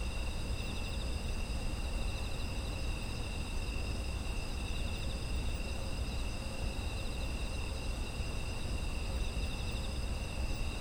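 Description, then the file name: Insect trilling fills the background, several steady high tones layered together, with a deep rumbling hum beneath. Autumn insect ambient sound. "秋の虫の環境音"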